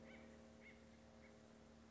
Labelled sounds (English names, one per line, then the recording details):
Acorn Woodpecker
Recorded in Sonoma County, California